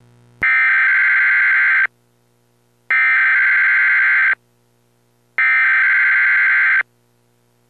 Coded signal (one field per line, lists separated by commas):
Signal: Emergency Alert System (SAME) tones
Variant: header bursts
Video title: EAS severe thunderstorm watch expansion for OK.